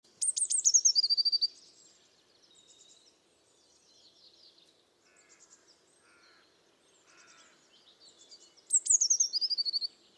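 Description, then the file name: Eurasian blue tit calling: two bursts of very high, thin notes sliding down into a rapid trill, at the start and again near the end, with softer twittering between. "Cyanistes caeruleus"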